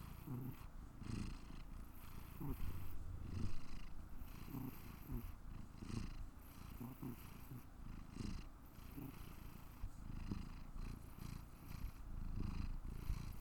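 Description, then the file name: Cat purring, a steady low rumble pulsing with each breath throughout, the rhythm swelling and easing in waves. "purr 03"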